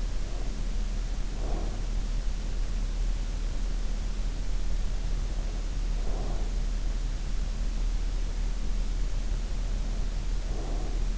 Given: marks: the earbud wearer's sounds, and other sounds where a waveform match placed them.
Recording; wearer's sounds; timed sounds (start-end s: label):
sounds in sleep by an in-ear microphone; breath
0.00-2.01 s: breath
5.21-6.66 s: breath
9.44-11.18 s: breath